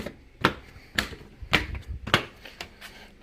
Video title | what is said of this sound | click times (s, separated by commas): How to Replace a Honda Pilot Battery (Step-by-Step Guide | is just push down and snap it into place you'll hear it snap just | 0.4 s, 1.0 s, 1.5 s, 2.1 s